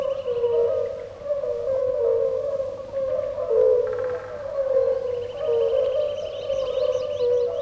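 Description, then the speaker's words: European fire-bellied toads calling together, a dense unbroken stream of low hollow 'uk' notes. Toads calling 'uk' nonstop in pools left after the flood. "Рядом, в оставшихся после разлива бочагах, не переставая, укают краснобрюхие лягушки, жерлянки."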